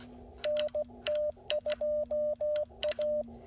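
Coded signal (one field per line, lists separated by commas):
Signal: Morse code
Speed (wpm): 16 wpm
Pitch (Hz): 600 Hz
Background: none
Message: NT2A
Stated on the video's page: Parks on the Air activation using an Icom IC-705 and CHA MPAS 2.0 antenna.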